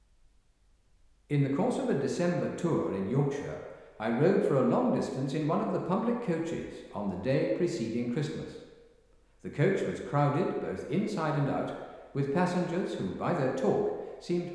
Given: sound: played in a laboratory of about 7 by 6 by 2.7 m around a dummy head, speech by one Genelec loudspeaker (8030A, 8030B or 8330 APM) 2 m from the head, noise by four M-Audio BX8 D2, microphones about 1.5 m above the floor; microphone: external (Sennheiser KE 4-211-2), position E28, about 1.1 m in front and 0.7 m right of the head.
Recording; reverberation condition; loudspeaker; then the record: male speech in English; high; in front (0 degrees)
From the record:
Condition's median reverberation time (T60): about 1300 ms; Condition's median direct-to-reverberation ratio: about -4.0 dB